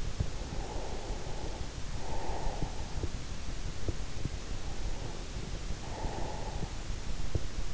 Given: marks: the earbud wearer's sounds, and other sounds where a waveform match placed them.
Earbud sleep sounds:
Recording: sounds in sleep by an in-ear microphone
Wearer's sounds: breath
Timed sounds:
0.00-3.25 s: breath
4.68-7.02 s: breath

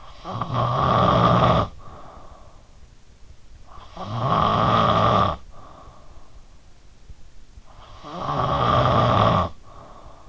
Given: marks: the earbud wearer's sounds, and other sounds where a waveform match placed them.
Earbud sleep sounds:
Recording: sounds in sleep by an in-ear microphone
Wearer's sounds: snoring breath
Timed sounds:
0.00-2.79 s: snoring breath
3.60-6.07 s: snoring breath
7.69-10.29 s: snoring breath

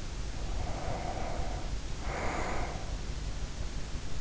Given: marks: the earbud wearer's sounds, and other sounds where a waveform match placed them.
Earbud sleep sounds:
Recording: sounds in sleep by an in-ear microphone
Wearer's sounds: breath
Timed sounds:
0.31-3.13 s: breath

